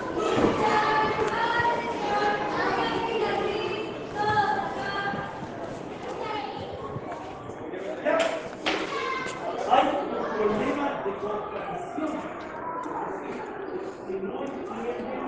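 A school soundscape filled with overlapping voices, many people talking at once in a steady, dense murmur. Clearer individual voices and a few shouts rise out of the crowd, with sharp knocks or clatters around the eighth and tenth seconds.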